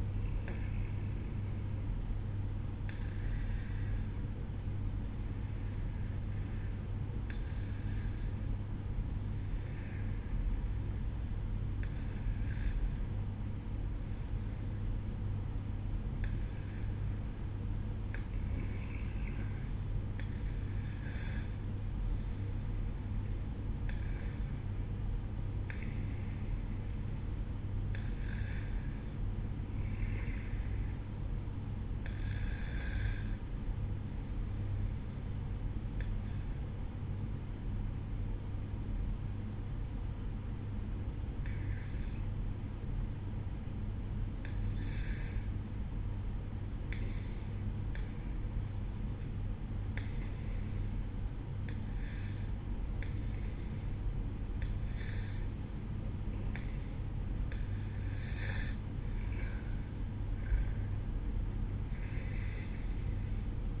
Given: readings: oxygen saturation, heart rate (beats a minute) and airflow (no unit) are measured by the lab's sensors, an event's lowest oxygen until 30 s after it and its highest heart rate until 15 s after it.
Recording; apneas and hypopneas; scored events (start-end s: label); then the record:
breathing in sleep by a smartphone at the bedside; 1
4.00-56.10 s: hypopnea (N1, oxygen 95% highest, then 92% lowest, heart rate 55 at the start, 63 highest)
From the record:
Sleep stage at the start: N1 (lightest sleep); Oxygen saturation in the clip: 93 to 95%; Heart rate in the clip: 54 to 63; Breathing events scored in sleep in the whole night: 305 in 9.6 hours asleep